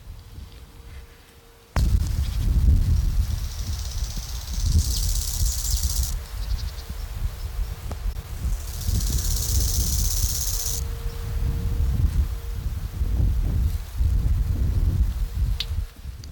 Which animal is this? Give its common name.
Bow-winged Grasshopper